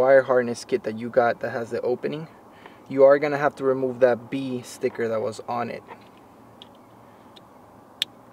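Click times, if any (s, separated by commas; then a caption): 8.0 s. Someone talks while a remote start kit's plastic wire harness connector is pushed into the factory mating connector under the dash of a Toyota Tacoma. After the talking stops, there are a couple of faint ticks, then a sharp click at 8.0 s as the connector seats.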